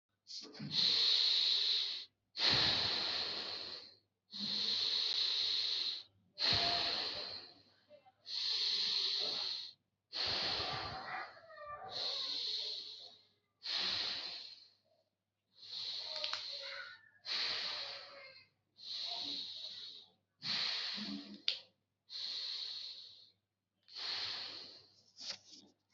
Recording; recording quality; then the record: deep breathing; excellent, no background noise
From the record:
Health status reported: healthy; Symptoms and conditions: none ticked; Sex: male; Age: 19 years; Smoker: not ticked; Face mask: not worn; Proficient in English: yes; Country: India